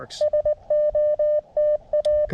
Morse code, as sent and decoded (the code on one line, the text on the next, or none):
... --- - .-
SOTA